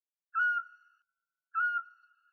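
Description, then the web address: Eurasian scops owl giving two clear, short whistled hoots about a second apart, each a steady mellow note, with silence between. "Otus scops"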